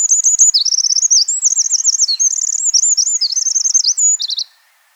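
Wren song: a fast, loud run of high trills and warbling phrases lasting over four seconds, ending in a rapid trill, then silence.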